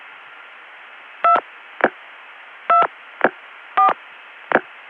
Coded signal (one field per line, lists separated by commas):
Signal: DTMF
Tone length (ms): 110 ms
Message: 2 2 4